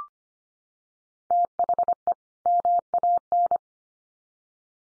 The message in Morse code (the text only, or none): THE MAN